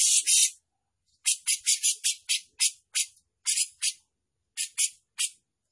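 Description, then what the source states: Grey-cheeked bulbul singing rapid strings of harsh, noisy chirps, grouped in short irregular runs with clear pauses between them. Prolific-singing (gacor) individual; song described as showy and in the 'mbeset ngepik' style.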